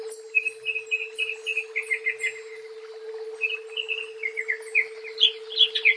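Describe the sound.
Leafbird song, rhythmic repeated chirping notes in two runs, ending in louder varied whistles, over a steady low hum.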